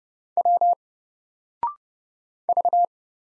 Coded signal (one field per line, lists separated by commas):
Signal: Morse code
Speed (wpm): 30 wpm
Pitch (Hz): 700 Hz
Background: none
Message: W V